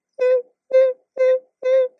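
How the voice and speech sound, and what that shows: Four short, high-pitched sung vowels, each starting crisply with no breathy hiss or delay before the tone. A very clean, clear voice onset with no onset delay of any kind, the normal contrast to a popping onset, where a delay and little hiss of air precede a sudden popping in of the voice.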